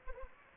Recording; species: mosquito wingbeat signal from an infrared sensor; Anopheles gambiae